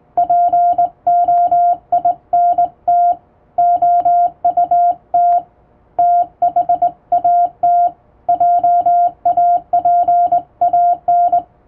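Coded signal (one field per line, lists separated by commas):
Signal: Morse code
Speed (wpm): 20 wpm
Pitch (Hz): 700 Hz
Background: music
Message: POINT OUT THAT JAPAN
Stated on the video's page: Morse code practice for Japanese radio operator exams, sent on the amateur radio bands by a first-class radiotelegraph operator.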